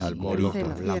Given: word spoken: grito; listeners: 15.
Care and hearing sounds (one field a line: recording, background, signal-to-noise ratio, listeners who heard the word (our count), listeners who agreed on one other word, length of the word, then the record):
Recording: one Spanish word in noise, from a listening test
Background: four-talker babble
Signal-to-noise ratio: -2.0 dB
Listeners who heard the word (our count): 0 of 15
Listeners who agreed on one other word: 9 of 15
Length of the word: 0.60 s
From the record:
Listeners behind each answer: 9, 1, 1, 1, 1, 1, 1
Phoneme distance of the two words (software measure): 51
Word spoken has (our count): 2 syllables, 5 phonemes, stress on syllable 1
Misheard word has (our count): 3 syllables, 6 phonemes, stress on syllable 3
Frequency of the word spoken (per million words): 28.36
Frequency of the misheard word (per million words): 48.97